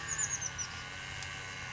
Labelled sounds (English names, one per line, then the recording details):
Chestnut-backed Chickadee
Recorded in Sonoma County, California